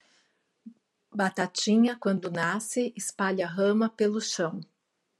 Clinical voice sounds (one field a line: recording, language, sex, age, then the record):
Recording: short text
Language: Brazilian Portuguese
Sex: female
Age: 40 to 49 years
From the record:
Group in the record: control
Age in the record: 48 years